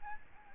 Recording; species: mosquito wingbeat signal from an infrared sensor; Aedes albopictus